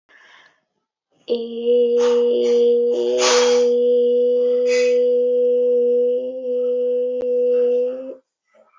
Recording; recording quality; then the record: sustained vowel as in made; moderate, slight background noise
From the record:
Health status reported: healthy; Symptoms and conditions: none ticked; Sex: female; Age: 25 years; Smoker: not ticked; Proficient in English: yes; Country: India